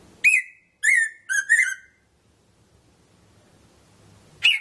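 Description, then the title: Red-throated parrotfinch calls: four quick, whistled harmonic notes, a pause of over two seconds, then one more sharp note. "Erythrura Psittacea"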